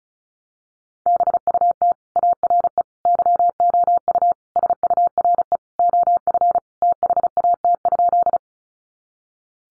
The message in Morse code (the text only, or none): BUT ARE YOU SURE OF THAT?